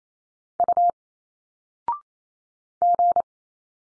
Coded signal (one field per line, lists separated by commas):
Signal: Morse code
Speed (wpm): 28 wpm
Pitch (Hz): 700 Hz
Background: none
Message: U G